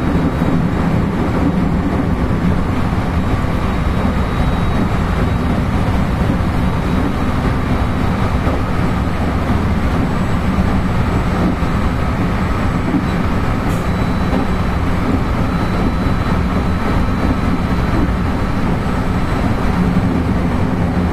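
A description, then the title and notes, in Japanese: A JR West 223 series train runs steadily, a dense low rumble with a faint whine running above it and a brief click near fourteen seconds. JR223系 新快速 新大阪から京都まで。JR西日本 223系電車の走行音です。JR京都線の新快速列車にて収録しました。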